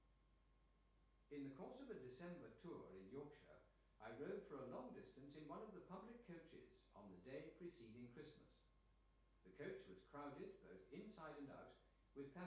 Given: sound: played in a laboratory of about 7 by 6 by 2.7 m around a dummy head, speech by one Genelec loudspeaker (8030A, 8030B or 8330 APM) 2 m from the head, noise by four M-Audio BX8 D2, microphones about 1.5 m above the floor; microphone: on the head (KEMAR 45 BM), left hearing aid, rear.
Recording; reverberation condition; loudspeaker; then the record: male speech in English; medium; 60 degrees to the right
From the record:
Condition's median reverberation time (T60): about 510 ms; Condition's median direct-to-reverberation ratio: about -0.5 dB